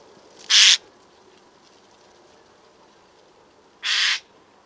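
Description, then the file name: Eurasian jay giving two harsh, rasping screeches, about three seconds apart, against a quiet background. "Garrulus glandarius"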